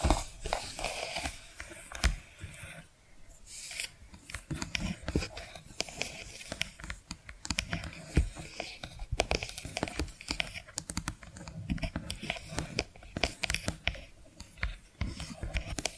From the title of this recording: Hypnotic Tapping & Scratching Sounds